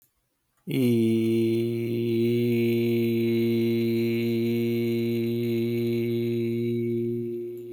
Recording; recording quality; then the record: sustained vowel as in beet; moderate, slight background noise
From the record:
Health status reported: healthy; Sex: male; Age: 43 years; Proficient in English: yes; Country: India